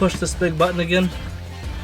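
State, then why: Not seated. A headrest's metal posts are being lined up and pushed down into the seat-back guides of a Ford Explorer front seat while the big release button is held, as part of fitting front seat covers. Someone talks over music, and the clip ends before the headrest goes home, so nothing has seated or clicked yet.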